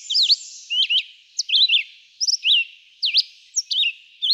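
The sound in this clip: Red-eyed vireo singing brief, sharply slurred whistled phrases, some rising and some falling, spaced by short pauses over a soft high background hiss.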